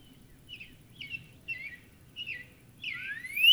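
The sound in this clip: Northern cardinal song phrases: short slurred whistled notes repeated about every half second, ending in a long rising whistle.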